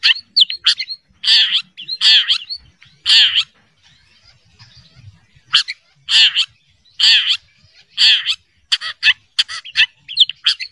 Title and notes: Kicau Burung Cendet